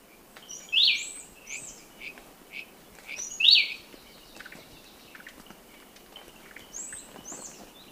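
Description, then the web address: Gray-breasted wood-wren: two loud, sharp notes nearly three seconds apart, with softer high notes between and after them. Temperate zone, Ecuador. "Birds of Ecuador. Gray-breasted Wood-Wren"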